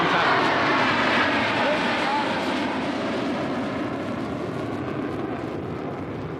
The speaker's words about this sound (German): Und wie ist es nachts, wenn die Flugzeuge auch dann starten? Können Sie schlafen? Ich persönlich schon, weil ich hier groß geworden bin.